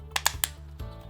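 The two plastic halves of a PS4 game controller shell are squeezed together, and sharp snap-clip clicks are heard at 0.2, 0.3 and 0.4 seconds, followed by a soft low thump near 0.8 seconds. The clips click all the way around and the shell halves are seated.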